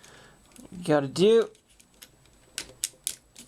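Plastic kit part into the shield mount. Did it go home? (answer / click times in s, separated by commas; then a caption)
yes / 2.8 s, 3.1 s. Two plastic parts of a 1/60 Gunpla model kit are pressed together into the shield mount while someone talks. Sharp plastic clicks ring out at 2.8 and 3.1 seconds as the parts click into place and seat.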